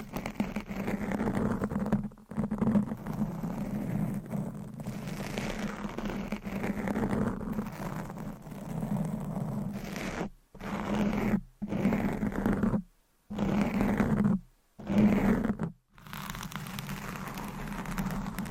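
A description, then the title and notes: Mic scratching and brushing fill the clip with a dense, rough rustle and a steady low hum underneath. The texture swells and sweeps unevenly, and after ten seconds it breaks into short bursts with abrupt silent gaps, ending in continuous rubbing. Mic Scratching ,Tapping,Brushing & Massage.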